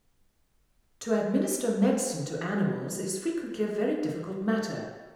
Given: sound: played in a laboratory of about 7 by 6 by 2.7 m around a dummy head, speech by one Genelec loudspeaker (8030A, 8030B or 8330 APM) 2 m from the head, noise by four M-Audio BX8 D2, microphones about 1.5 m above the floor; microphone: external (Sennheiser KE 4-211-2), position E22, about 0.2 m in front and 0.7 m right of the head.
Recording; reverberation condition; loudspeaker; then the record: female speech in English; high; 90 degrees to the right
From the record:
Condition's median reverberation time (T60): about 1300 ms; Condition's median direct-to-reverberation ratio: about -4.0 dB